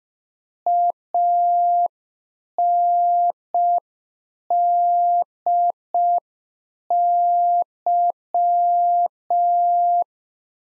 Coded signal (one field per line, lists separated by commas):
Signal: Morse code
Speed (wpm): 5 wpm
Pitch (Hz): 700 Hz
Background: none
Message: ANDY